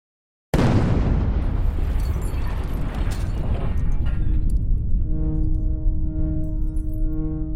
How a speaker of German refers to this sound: Eine Explosion, wie sie Deutschland noch nicht erlebt hat. Im September 1921 explodieren in einem BASF-Werk in der Bayerischen Pfalz 4.500 Tonnen Ammoniumnitrat. 561 Tote. Der Ort Oppau und sein Umland sind verwüstet.